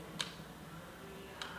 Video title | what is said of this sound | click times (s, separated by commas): Archery Test: Chinese Spur Ring by Custom Thumb Ring at Malta Archery | and it locks in place so you don't have to think about any alignment issues it locks in place and | 0.2 s